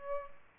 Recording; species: mosquito wingbeat signal from an infrared sensor; Aedes albopictus